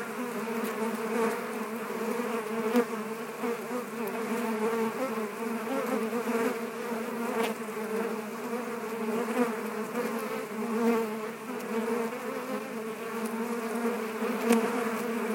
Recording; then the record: honeybee colony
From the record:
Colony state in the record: active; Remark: normal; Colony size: 10,000 bees